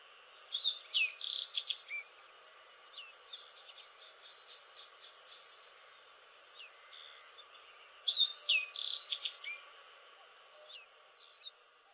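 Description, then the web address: Black-faced bunting singing, two short bursts of high, chirpy, twittering notes about seven seconds apart, with faint scattered notes between and a steady background hiss. Singing, recorded on 7 July 1997. "singing 970707 aoji"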